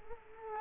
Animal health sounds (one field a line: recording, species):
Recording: mosquito wingbeat signal from an infrared sensor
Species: Culex quinquefasciatus